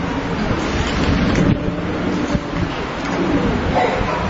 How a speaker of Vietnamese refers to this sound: Những anh chị em từ nơi khác đến đây giơ tay, chúng ta hân hoan chào đón những anh chị em ấy một tràng pháo tay thật lớn.